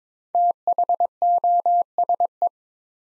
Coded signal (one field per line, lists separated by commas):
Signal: Morse code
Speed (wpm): 22 wpm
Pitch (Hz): 700 Hz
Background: none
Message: THOSE